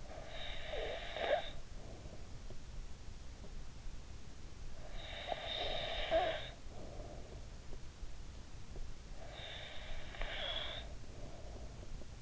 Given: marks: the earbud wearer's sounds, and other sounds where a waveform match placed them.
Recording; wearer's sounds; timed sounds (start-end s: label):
sounds in sleep by an in-ear microphone; breath
0.00-2.93 s: breath
4.69-7.58 s: breath
9.02-12.22 s: breath